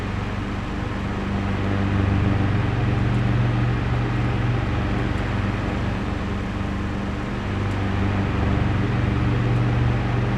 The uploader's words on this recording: Grandpa's Old Fan. The gentle, oscillating hum of an antique fan. The blades circulate gently through the air.